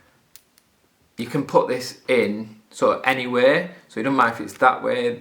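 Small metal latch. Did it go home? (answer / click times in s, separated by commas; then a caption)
yes / 0.4 s. A camera quick release plate of the Ulanzi F38 quick release system is slid back into its base and seats with a sharp tick at 0.4 s, followed by a fainter tick at 0.6 s. Someone then talks.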